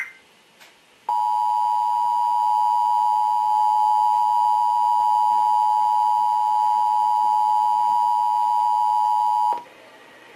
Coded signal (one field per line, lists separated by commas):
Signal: Emergency Alert System (SAME) tones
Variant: 853 and 960 Hz attention tone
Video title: First National EAS Test Emergency Alert System EBS